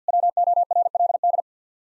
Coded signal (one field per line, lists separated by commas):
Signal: Morse code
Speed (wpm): 50 wpm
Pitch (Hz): 700 Hz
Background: none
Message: WORLD